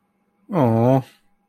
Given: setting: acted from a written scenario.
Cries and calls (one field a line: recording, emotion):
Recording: vocal sound without words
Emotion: adoration